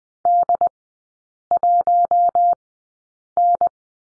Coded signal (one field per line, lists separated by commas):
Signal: Morse code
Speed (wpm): 20 wpm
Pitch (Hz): 700 Hz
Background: none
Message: D1N